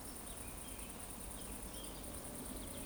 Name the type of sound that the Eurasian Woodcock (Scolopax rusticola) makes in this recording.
whistle